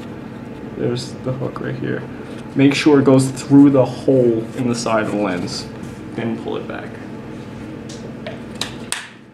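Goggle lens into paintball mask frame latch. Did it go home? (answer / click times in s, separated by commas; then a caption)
yes / 8.9 s. Someone talks while threading the latch hook of a Dye i4 paintball mask frame through the hole in the side of the plastic goggle lens, then pulling the slide back. A few small handling sounds lead up to a sharp click at 8.9 s as the hook locks and the lens is seated in the mask.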